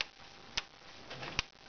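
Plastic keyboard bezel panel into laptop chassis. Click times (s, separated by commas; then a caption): 0.0 s, 0.6 s, 1.4 s. A plastic keyboard bezel panel on a Prostar/Clevo W740SU laptop is pressed back into place along its edge, and its plastic clips snap into the chassis. Short, sharp clicks sound at 0.0, 0.6 and 1.4 seconds against a quiet background. A click means the panel is in, so the bezel is seated.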